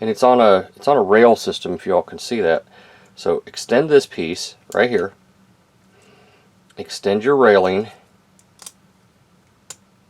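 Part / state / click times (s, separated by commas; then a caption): extending rail piece locking into the rail system / seated / 9.7 s. Someone talks while sliding the extending rail piece of the Newage 41G Jones rail system outward, with a few faint taps along the way. A single sharp click at 9.7 s marks the rail locking into place, seated.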